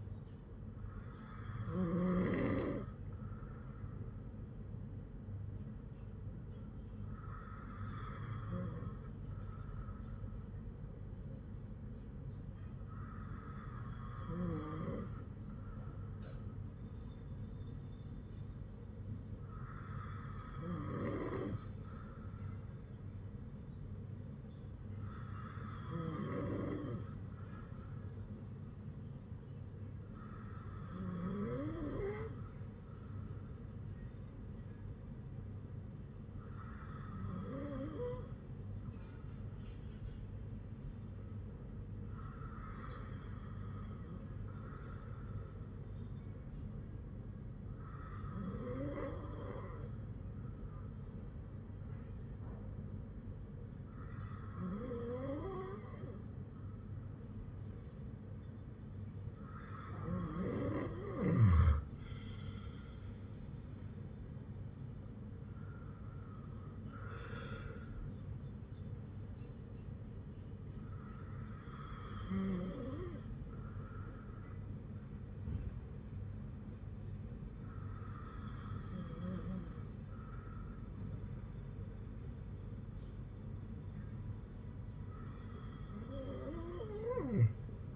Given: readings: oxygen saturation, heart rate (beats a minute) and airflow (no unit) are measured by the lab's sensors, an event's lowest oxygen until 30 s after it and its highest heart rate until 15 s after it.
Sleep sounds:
breathing in sleep by a smartphone at the bedside; none
none scored
From the record:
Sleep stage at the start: N2 (light sleep); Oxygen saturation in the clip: 94 to 97%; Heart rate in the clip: 52 to 59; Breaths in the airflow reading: 15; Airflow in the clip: -5.7 to 5.1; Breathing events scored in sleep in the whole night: 182 in 7.4 hours asleep

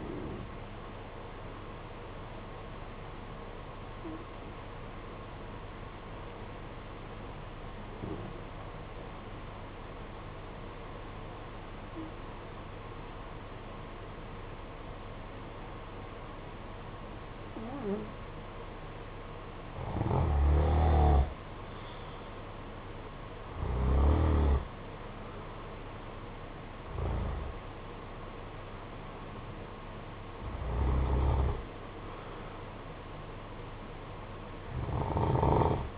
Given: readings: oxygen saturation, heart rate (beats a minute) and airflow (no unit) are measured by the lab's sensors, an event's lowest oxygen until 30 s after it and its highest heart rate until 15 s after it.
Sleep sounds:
breathing in sleep by a voice recorder at the bedside; 1
3.00-22.70 s: hypopnea (N1, oxygen 95% highest, then 89% lowest, heart rate 53 at the start, 61 highest)
From the record:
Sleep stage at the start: N1 (lightest sleep); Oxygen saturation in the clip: 85 to 95%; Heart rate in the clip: 53 to 61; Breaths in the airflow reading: 7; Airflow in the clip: -6.7 to 6.5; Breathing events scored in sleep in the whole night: 476 in 9.7 hours asleep

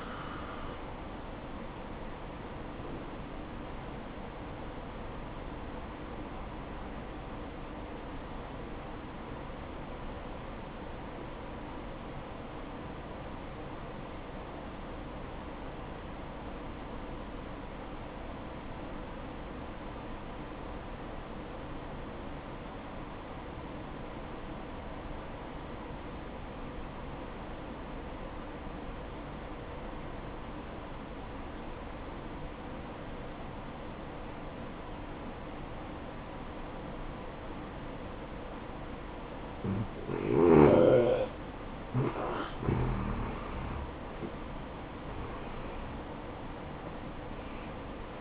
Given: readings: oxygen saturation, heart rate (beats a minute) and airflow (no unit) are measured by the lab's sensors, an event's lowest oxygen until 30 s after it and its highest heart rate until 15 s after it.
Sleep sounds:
breathing in sleep by a voice recorder at the bedside; 1
5.00-41.20 s: obstructive apnea (N1, oxygen 96% highest, then 83% lowest, heart rate 61 at the start, 69 highest)
7.00-37.00 s: new sleep stage, N2 (light sleep)
37.00-48.21 s: new sleep stage, N1 (lightest sleep)
From the record:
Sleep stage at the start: N1 (lightest sleep); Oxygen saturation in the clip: 85 to 96%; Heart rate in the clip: 59 to 68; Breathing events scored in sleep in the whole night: 573 in 9.8 hours asleep

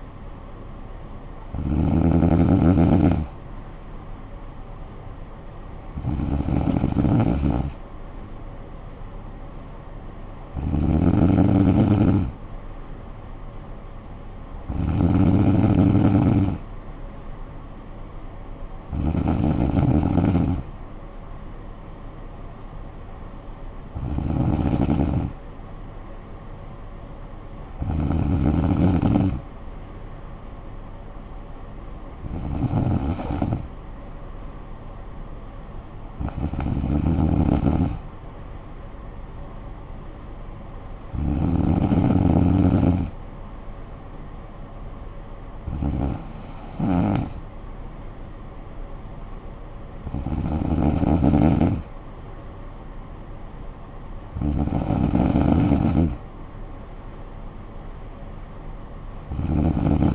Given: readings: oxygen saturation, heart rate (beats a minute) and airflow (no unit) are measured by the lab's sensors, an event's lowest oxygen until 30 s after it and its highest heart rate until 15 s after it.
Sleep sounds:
breathing in sleep by a smartphone at the bedside; none
none scored
From the record:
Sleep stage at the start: N3 (deep sleep); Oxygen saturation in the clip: 94 to 95%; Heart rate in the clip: 52 to 58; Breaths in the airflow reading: 13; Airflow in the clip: -9.5 to 6.2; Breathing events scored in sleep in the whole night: 445 in 7.6 hours asleep

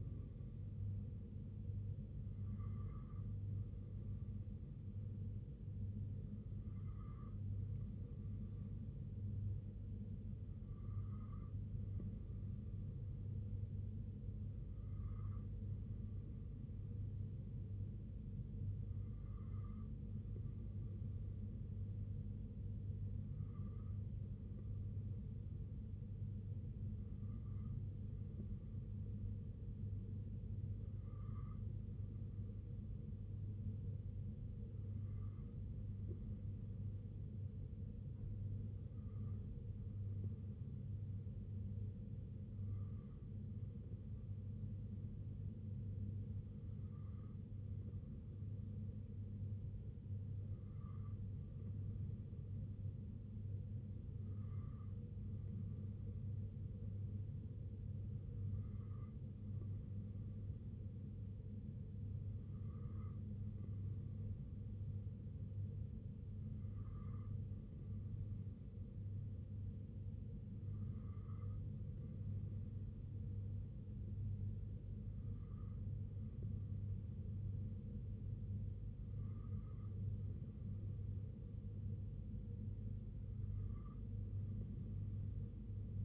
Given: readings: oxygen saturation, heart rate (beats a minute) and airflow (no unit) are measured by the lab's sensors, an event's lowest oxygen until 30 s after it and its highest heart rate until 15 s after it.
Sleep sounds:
breathing in sleep by a smartphone at the bedside; none
none scored
From the record:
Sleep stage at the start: N2 (light sleep); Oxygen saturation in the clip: 93 to 95%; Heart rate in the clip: 61 to 67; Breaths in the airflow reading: 21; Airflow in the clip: -2.5 to 1.8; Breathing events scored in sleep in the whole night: 258 in 7.4 hours asleep

